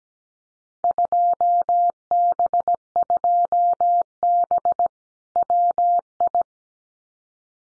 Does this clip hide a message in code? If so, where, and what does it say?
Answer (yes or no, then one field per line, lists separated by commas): yes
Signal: Morse code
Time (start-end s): 0.8-6.4 s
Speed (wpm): 17 wpm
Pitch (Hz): 700 Hz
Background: none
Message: 2B2B WI